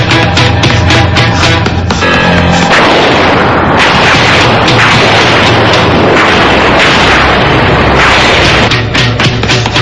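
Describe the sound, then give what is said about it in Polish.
A loud, sustained explosion: crackling, popping bursts over a low hum give way after a few seconds to a dense, roaring rumble that stays at full loudness to the end, with no voices. “Szybko, do stanowiska dowodzenia, zanim nastąpi wybuch.”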